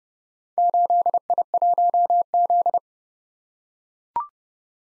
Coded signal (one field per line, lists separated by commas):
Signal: Morse code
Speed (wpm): 30 wpm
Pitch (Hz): 700 Hz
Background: none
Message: 8I1Z